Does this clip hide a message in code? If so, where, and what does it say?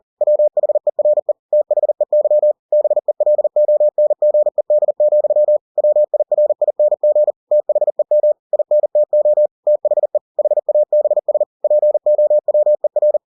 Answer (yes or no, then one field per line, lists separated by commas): yes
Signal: Morse code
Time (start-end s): 0.2-13.2 s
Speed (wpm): 40 wpm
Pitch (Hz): 600 Hz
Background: none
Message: WHERE THEY BELONGED, WIRING THEM INTO THE HABS POWER